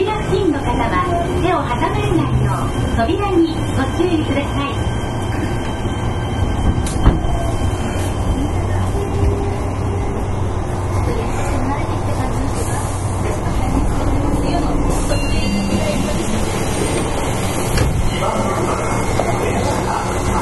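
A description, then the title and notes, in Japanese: A subway train runs at a steady pace, its deep rumble and rail noise holding constant throughout. Faint voices murmur beneath the roar, and a single sharp click stands out around the seven-second mark. 福岡市交通局 1000系電車の走行音です。空港線にて収録。区間は福岡空港から姪浜までです。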